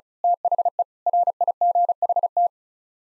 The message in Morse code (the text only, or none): THE RIGHT